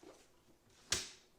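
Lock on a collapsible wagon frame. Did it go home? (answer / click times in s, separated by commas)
yes / 0.9 s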